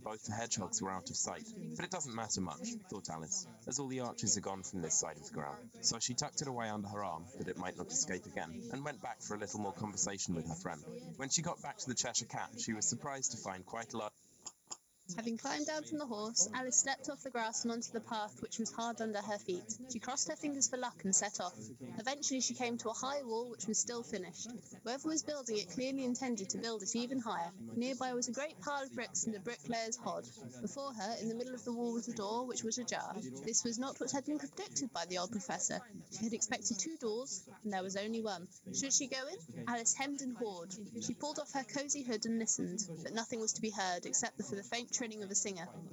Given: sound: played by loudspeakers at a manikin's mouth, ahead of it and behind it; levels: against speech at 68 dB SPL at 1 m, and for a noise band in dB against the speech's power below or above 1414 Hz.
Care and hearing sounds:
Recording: test signals for a remote microphone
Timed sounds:
0.00-14.08 s: man speaking, babble ahead at +6 dB SNR for speech at 1 m
14.45 s: click
14.70 s: click
15.08-45.93 s: woman speaking, babble ahead at +6 dB SNR for speech at 1 m
From the record:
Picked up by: remote microphone A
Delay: 47 ms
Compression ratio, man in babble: 10.50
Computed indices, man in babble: HASPI 1.000, HASQI 0.322 (non-linear 0.372, linear 0.866), ESTOI 0.714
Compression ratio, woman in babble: 7.77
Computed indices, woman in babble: HASPI 0.969, HASQI 0.340 (non-linear 0.394, linear 0.863), ESTOI 0.759

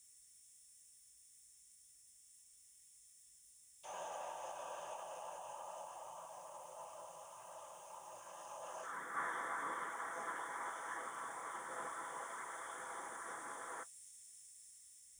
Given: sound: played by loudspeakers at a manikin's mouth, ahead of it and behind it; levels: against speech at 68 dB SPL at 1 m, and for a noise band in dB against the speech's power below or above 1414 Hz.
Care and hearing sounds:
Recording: test signals for a remote microphone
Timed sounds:
3.83-8.83 s: speech-spectrum noise from ahead, +10 dB
8.83-13.83 s: speech-spectrum noise from behind, +10 dB
From the record:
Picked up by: remote microphone B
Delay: 24 ms

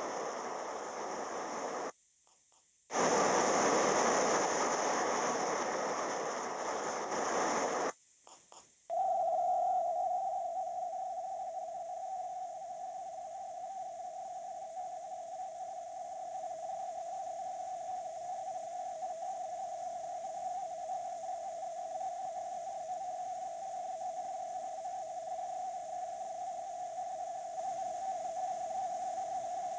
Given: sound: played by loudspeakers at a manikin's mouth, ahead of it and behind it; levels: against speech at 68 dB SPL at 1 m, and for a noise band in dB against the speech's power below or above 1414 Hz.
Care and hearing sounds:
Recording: test signals for a remote microphone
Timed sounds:
0.00-1.90 s: speech-spectrum noise, 0 dB
2.90-7.90 s: speech-spectrum noise, +10 dB
8.90-29.79 s: noise band at 707 Hz, as loud as that band is in speech
From the record:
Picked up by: remote microphone D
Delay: 24 ms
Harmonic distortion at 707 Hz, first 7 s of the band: under -32 dB

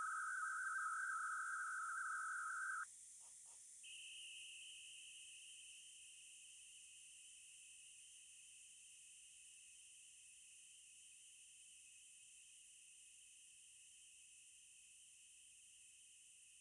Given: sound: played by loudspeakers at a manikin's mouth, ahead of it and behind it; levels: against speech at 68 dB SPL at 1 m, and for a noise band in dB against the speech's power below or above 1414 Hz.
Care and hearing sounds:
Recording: test signals for a remote microphone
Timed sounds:
0.00-2.83 s: noise band at 1414 Hz, as loud as that band is in speech
3.83-16.61 s: noise band at 2828 Hz, as loud as that band is in speech
From the record:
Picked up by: remote microphone C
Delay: 23 ms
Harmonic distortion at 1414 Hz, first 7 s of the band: under -40 dB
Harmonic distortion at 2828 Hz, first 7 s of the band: under -9 dB (system noise only)

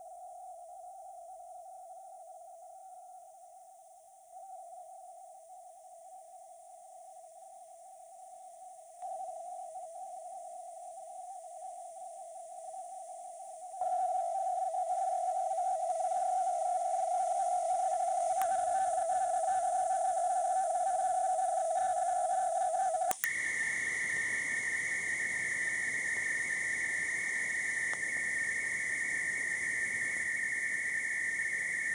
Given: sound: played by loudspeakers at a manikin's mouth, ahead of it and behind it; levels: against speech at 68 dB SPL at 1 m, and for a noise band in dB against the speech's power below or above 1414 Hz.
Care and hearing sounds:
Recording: test signals for a remote microphone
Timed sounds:
0.00-4.32 s: noise band at 707 Hz, -10 dB
4.32-9.02 s: noise band at 707 Hz, -5 dB
9.02-13.72 s: noise band at 707 Hz, 0 dB
13.72-18.41 s: noise band at 707 Hz, +5 dB
18.41-23.11 s: noise band at 707 Hz, +10 dB
23.24-27.93 s: noise band at 2000 Hz, +10 dB
27.93-31.94 s: noise band at 2000 Hz, +5 dB
From the record:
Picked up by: remote microphone D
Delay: 24 ms

